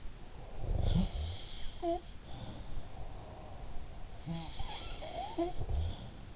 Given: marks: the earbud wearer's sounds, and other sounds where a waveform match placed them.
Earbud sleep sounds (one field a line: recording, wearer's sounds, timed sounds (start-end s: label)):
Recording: sounds in sleep by an in-ear microphone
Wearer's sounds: snoring breath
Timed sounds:
0.03-1.35 s: snoring breath
0.28-3.06 s: sound from someone else or the room
3.64-6.36 s: sound from someone else or the room
5.43-6.36 s: snoring breath